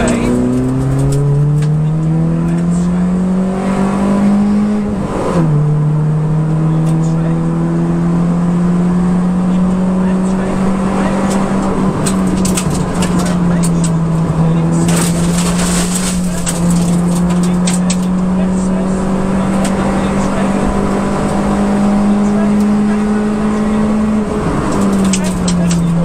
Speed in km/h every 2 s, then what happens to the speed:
67, 85, 93, 104, 114, 119, 103, 104, 112, 119, 126, 132, 105.
0-9 speeds up to 119. 9-13 slows to 103. 13-22 speeds up to 132. 22-24 brakes to 105.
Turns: none.